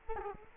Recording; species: mosquito wingbeat signal from an infrared sensor; Culex quinquefasciatus